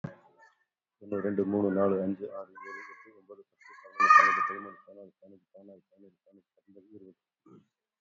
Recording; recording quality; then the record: counting at a fast pace; excellent, no background noise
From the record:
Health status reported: COVID-19 positive, moderate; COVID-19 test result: positive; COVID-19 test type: RT-PCR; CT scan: not taken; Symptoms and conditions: cold, sore throat, loss of smell and taste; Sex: male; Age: 45 years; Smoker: yes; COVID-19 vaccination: one dose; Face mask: worn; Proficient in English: yes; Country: India